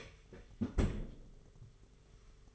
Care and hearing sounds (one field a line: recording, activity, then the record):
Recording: daily activity, microphone in the room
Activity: close fridge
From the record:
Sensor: 4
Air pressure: 991.9 hPa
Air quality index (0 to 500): 103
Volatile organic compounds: 13 ppm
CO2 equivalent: 2424 ppm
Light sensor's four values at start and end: 20/65/24/24 and 20/67/25/25